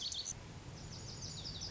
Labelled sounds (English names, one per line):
Lazuli Bunting